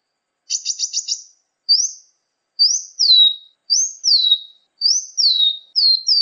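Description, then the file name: Brown-throated sunbird gives a brief buzzy stutter, then a series of high whistled notes that rise and fall sharply, repeated several times. "kolibri muncang. omkicau"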